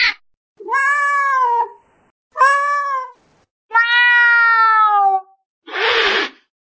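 Cat meows, three drawn-out tonal meows with falling endings separated by short pauses, ending with a breathy huff.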